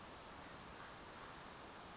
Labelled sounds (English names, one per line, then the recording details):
Brown Creeper
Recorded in Sonoma County, California